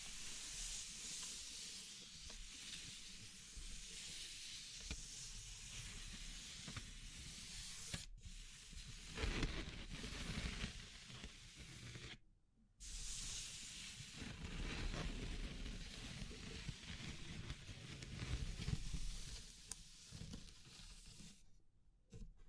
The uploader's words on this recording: ASMR Relaxing Natural Triggers Wood, Bamboo and Straw (No Talking).